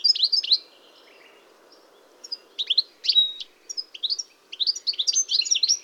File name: chardonneret elegant